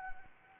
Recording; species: mosquito wingbeat signal from an infrared sensor; Anopheles gambiae